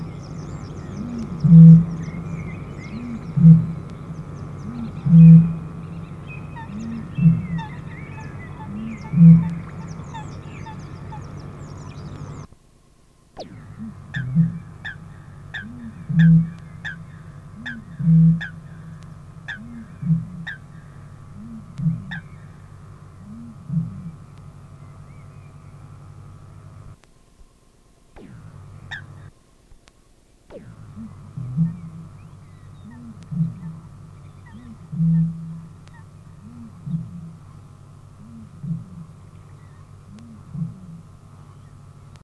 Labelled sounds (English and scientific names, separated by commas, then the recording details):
Great Bittern (Botaurus stellaris), Eurasian Coot (Fulica atra)
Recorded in the wild
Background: Fulica atra
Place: Hähnichen, Teichgebiet Niederspree, Sachsen, DE
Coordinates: 51.3864, 14.8831
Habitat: pond
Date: 1954-05-01
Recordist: Meyer, Hugo
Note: Schemsteich: Männchen: Rufreihen, daneben Blässralle